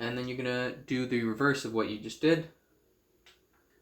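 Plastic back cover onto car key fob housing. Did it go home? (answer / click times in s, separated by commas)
yes / 3.3 s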